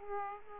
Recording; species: mosquito wingbeat signal from an infrared sensor; Aedes aegypti